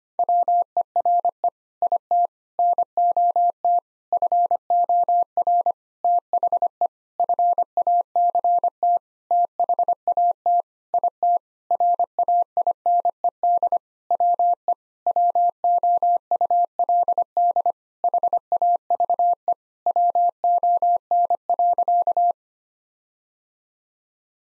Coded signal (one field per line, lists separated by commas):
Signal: Morse code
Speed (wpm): 25 wpm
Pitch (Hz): 700 Hz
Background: none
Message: WERE IT NOT FOR THE FACT THAT IT RAINED WE WOULD HAVE WON.